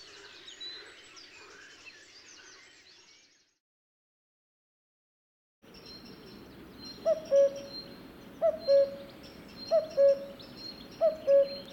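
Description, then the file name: Cuckoo two-note calls, high then lower, repeated four times in the latter half after a quiet gap, with soft twittering birds earlier and high whistles behind. "minutes of cuckoos"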